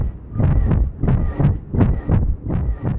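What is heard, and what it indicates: Sound simulation of an adult's pulsatile tinnitus, a constant noise in the head that never goes away. A sound engineer reconstructed it from the sufferer's description. It is a rhythmic, heartbeat-like, squelching, metallic whoosh, with each low-pitched wave ending in a whistling tail like wind through a narrow gap.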